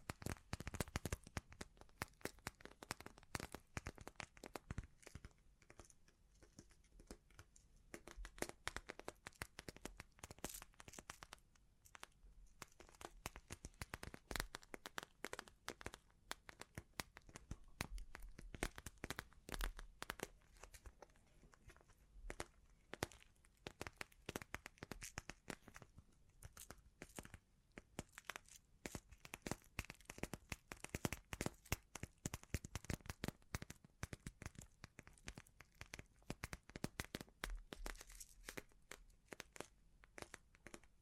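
Bling bling triggers: a dense, continuous run of sharp clicks, taps and crinkly rustles fills all 41 seconds. The bright, crackling sounds come rapidly and irregularly with no pauses, rising and falling slightly in loudness, with no other sounds behind them.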